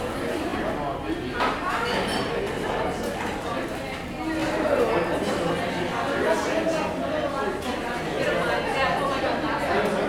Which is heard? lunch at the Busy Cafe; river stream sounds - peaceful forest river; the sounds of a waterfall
lunch at the Busy Cafe